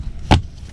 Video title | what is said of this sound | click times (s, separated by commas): How to change the cabin Filter in your Model 3 or Y | And you should hear it snap in. | 0.3 s